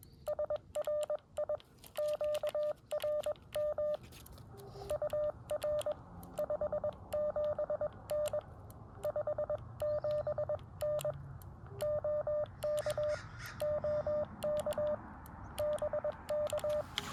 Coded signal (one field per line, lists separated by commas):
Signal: Morse code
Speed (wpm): 21 wpm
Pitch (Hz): 600 Hz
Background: radio noise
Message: SRI QRM UR 57N 57N OK OK BK